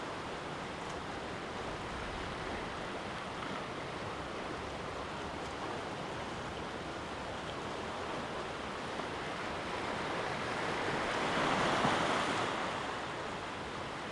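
Waves and falling water on the North Devon coast make a dense, steady rush that fills the whole clip. Around the eleventh to thirteenth second the sound swells briefly louder and brighter, like a wave surging in, then eases back to the constant roar.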